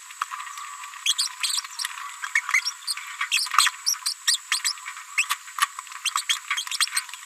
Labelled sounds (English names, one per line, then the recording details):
Green-rumped Parrotlet babbling
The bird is a female
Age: 31 days
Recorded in a nest box in Venezuela
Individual 17B73B2